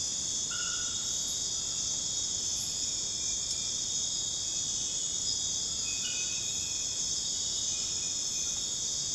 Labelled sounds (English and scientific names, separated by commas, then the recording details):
none
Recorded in dense forest near Puerto Asís, Putumayo, Colombia, on 9 March 2025 at 03:00
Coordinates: 0.486, -76.317
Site G053